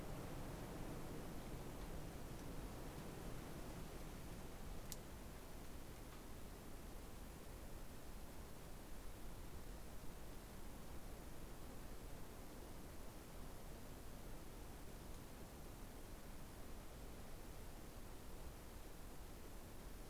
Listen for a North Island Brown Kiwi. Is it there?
no